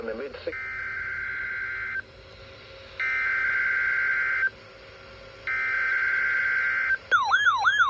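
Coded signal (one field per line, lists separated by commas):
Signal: Emergency Alert System (SAME) tones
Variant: header bursts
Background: speech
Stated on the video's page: NOAA Weather Radio Required Weekly Test from the weather radio station.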